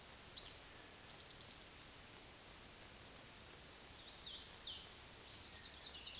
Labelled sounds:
Hooded Warbler (Setophaga citrina) song
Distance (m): 40 m
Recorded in a Pennsylvania forest on 17 May 2023 at 20:30
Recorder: AudioMoth, point grid1_28_low
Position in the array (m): 81 m, 110 m

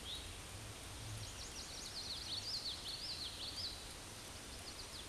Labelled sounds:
Eastern Wood-Pewee (Contopus virens) song
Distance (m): 90 m
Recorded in a Pennsylvania forest on 18 May 2023 at 09:37
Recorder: AudioMoth, point grid1_31_low
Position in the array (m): 177 m, 174 m

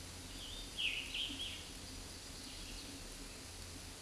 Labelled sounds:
Scarlet Tanager (Piranga olivacea) song
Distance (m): 30 m
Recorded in a Pennsylvania forest on 19 May 2023 at 11:49
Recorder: AudioMoth, point grid1_7_low
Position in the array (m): 135 m, 41 m

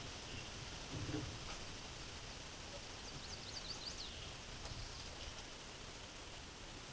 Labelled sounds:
Chestnut-sided Warbler (Setophaga pensylvanica) song
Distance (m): 75 m
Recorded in a Pennsylvania forest on 17 May 2023 at 14:05
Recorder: AudioMoth, point grid1_27_low
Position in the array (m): 113 m, 126 m

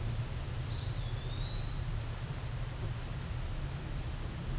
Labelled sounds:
Eastern Wood-Pewee (Contopus virens) song
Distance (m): 20 m
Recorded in a Pennsylvania forest on 17 May 2023 at 14:15
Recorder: AudioMoth, point grid1_19_low
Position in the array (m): 81 m, 201 m

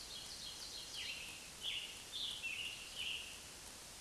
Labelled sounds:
Scarlet Tanager (Piranga olivacea) song
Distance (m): 40 m
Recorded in a Pennsylvania forest on 1 June 2023 at 08:08
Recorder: AudioMoth, point grid3_13_low
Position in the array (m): 164 m, 141 m

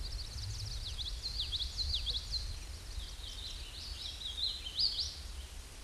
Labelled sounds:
Hooded Warbler (Setophaga citrina) song
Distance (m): 15 m
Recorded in a Pennsylvania forest on 18 May 2023 at 11:13
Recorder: AudioMoth, point grid1_9_low
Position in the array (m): 47 m, 100 m

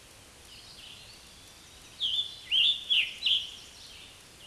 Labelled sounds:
Scarlet Tanager (Piranga olivacea) song
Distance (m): 10 m
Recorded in a Pennsylvania forest on 19 May 2023 at 10:26
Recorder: AudioMoth, point grid1_30_low
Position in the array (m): 182 m, 84 m

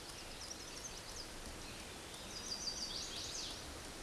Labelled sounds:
Chestnut-sided Warbler (Setophaga pensylvanica) song
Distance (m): 35 m
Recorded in a Pennsylvania forest on 17 May 2023 at 11:49
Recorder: AudioMoth, point grid1_24_low
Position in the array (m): 110 m, 216 m

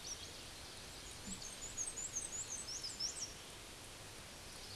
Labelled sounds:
Black-and-white Warbler (Mniotilta varia) song
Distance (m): 60 m
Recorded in a Pennsylvania forest on 18 May 2023 at 13:59
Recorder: AudioMoth, point grid1_29_low
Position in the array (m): 90 m, 92 m

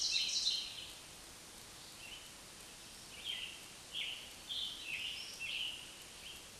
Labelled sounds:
Scarlet Tanager (Piranga olivacea) song
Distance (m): 40 m
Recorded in a Pennsylvania forest on 1 June 2023 at 08:07
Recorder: AudioMoth, point grid3_18_high
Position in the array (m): 165 m, 141 m

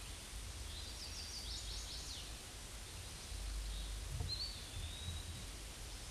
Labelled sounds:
Eastern Wood-Pewee (Contopus virens) song
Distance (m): 60 m
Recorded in a Pennsylvania forest on 18 May 2023 at 13:36
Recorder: AudioMoth, point grid1_12_low
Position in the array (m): 166 m, 172 m

